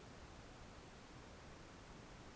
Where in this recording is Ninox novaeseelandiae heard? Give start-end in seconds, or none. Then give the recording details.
none. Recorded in New Zealand on 1 June 2017. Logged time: 19:46. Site Taranaki